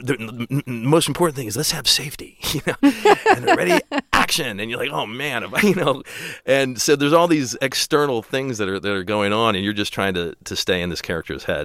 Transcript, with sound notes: The most important thing is let's have safety, you know. (LAUGHTER) And ready, action. And you're like: Oh man, you know. And so there's all these external things that are going on, and you're just trying to stay in this character's head.